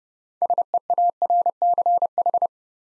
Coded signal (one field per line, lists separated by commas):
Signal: Morse code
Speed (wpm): 30 wpm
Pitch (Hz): 700 Hz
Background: none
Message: SEARCH